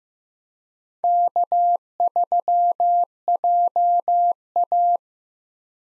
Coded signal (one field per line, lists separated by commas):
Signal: Morse code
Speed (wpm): 15 wpm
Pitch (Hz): 700 Hz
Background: none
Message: K3JA